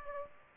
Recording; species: mosquito wingbeat signal from an infrared sensor; Aedes aegypti